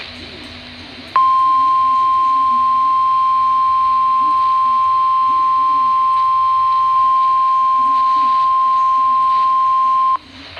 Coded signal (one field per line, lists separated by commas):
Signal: Emergency Alert System (SAME) tones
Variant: 1050 Hz attention tone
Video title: 2019 NATIONAL TEST + SEVERE WEATHER | 8/7/2019 (EAS #525-42)